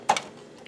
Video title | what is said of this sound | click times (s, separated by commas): bosko's toybox 164- Vintage 1979 Tonka Builder Playset | So this is where your garage door would slide into, and this just snaps into place. | 0.1 s